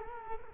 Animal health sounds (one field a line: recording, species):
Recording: mosquito wingbeat signal from an infrared sensor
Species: Culex quinquefasciatus